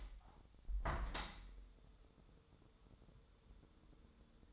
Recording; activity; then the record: daily activity, microphone in the room; open window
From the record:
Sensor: 3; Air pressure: 1014.9 hPa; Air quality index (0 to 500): 28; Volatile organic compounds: 1 ppm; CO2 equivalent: 523 ppm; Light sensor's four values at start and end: 10/23/9/9 and 10/24/10/10